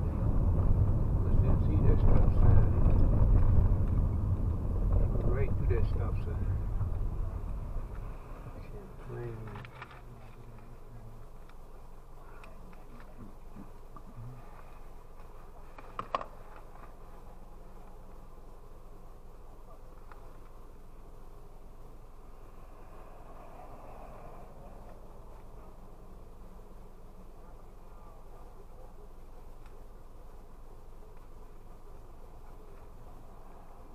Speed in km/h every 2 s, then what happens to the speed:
27, 26, 23, 15, 8, 0, 0, 0, 0, 0, 0, 0, 0, 0, 0, 0, 0.
0-10 slows to 0. 10-34 standing.